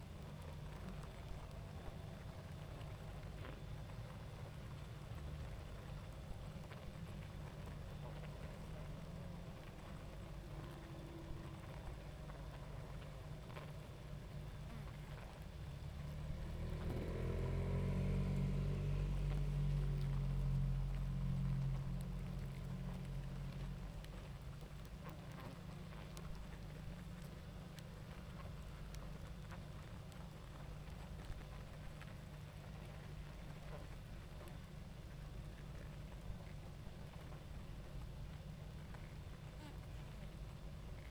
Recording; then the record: honeybee colony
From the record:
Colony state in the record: active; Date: 28 July 2017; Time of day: 21:47